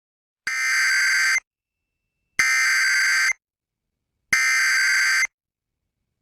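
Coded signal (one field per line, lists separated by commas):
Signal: Emergency Alert System (SAME) tones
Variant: header bursts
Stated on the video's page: Flash Flood Warning alert caught on the stream of an FM broadcast station at 92.7 MHz.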